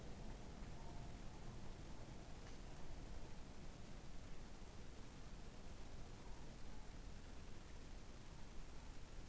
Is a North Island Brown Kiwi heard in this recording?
no